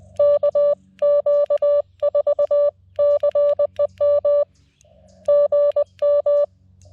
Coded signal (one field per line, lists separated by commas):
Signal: Morse code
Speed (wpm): 20 wpm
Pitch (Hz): 580 Hz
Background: none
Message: KQ4CEM GM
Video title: CW POTA at K-5012 with the Lab599 Discovery TX-500 and Gabil GRA-7350TC antenna